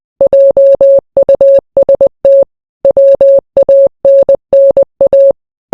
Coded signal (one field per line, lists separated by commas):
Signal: Morse code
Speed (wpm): 20 wpm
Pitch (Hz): 550 Hz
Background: none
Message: JUST WANNA